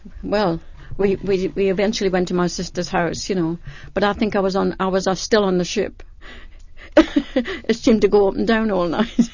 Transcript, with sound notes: Yes, well, we, we eventually went to my sister's house, you know, but I think I was on, I was still on the ship. (she laughs) It seemed to go up and down all night.